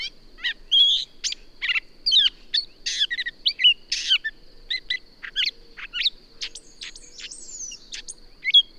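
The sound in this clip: Birdsong, a rapid jumble of varied chirps and sweeping whistles, high-pitched and nearly continuous, with a steady thin high tone throughout.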